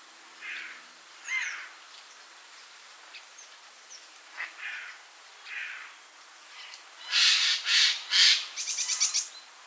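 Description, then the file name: Eurasian jay calls: scattered faint notes, then three loud rasping screeches and a quick stuttering burst at the end. "Garrulus glandarius"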